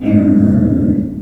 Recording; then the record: squeal of a Yucatan mini pig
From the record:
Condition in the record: after surgery on the right vocal fold (resection and tissue-engineered implant); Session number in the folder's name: 5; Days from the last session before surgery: 33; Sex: female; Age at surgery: 19 weeks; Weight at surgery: 25 kg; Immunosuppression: prednisolone